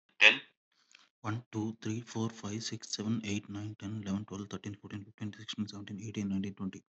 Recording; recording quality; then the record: counting at a fast pace; excellent, no background noise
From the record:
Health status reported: healthy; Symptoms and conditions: none ticked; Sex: male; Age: 27 years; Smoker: not ticked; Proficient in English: yes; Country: India